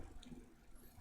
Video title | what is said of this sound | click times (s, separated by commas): AGARO Rotary Hammer Drill Machine Unboxing | మామూలుగా INCET చేశాను, lock అయిపోయింది, బయటికి రాదు. | 0.2 s